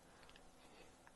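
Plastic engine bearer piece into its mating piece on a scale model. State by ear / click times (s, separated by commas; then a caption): seated / 1.1 s. Two small plastic parts, 57c and 57d, of a die-cast and plastic Lancaster engine scale model are pushed together on pegs of different sizes, fitting the plastic engine bearer piece into its mating piece. A few faint plastic ticks at about 0.2, 0.3 and 0.4 s lead up to a short, sharp click at 1.1 s. The part clicks into place and is seated.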